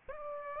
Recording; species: mosquito wingbeat signal from an infrared sensor; Aedes aegypti